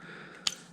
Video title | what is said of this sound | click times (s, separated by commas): Amazon Unboxing #3 Some new GoPro Gear | I heard a lot nice little satisfying click that's one of the reasons why I got it | 0.5 s